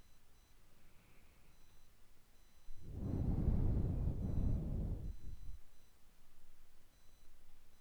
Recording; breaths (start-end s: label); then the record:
nose breathing near a microphone
0.53-2.97 s: inhalation
2.97-5.94 s: exhalation
From the record:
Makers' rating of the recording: medium